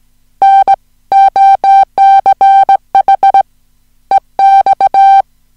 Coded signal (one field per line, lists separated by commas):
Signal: Morse code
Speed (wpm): 17 wpm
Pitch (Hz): 780 Hz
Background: music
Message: NOCH EX